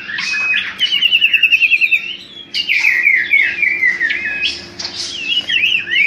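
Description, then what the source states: Common iora song: quick rippling trill followed by descending slurred whistles and a further wavering series, bright and high. Song used as a lure (pancingan) for bird catching; local name cipo.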